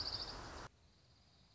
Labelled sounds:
Dark-eyed Junco
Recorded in Sonoma County, California

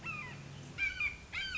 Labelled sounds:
Red-shouldered Hawk
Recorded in Sonoma County, California

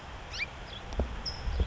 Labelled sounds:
California Towhee
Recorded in Sonoma County, California

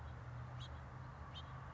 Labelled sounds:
House Finch
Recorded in Sonoma County, California

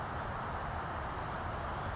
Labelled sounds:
California Towhee
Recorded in Sonoma County, California

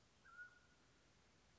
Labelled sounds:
Mountain Quail
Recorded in Sonoma County, California

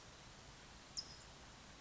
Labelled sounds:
California Towhee
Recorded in Sonoma County, California

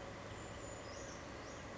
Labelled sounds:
Brown Creeper
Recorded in Sonoma County, California

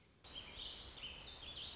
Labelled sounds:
Warbling Vireo
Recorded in Sonoma County, California

